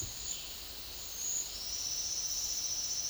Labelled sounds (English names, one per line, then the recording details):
none
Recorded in dense forest near Puerto Asís, Putumayo, Colombia, on 18 February 2024 at 11:30
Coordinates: 0.496, -76.326
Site G6383